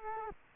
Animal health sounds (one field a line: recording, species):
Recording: mosquito wingbeat signal from an infrared sensor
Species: Culex quinquefasciatus